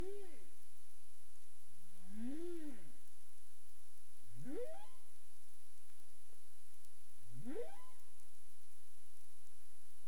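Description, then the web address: Humpback whale vocalizations: arching moans followed by two sharp rising upsweeps, spaced a few seconds apart, against soft background hiss. Recorded 27 April 2035 at 22:59 UTC. "CARIMAM. humpback whale 20350427 225931 UTC"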